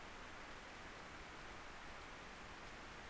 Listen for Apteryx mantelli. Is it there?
no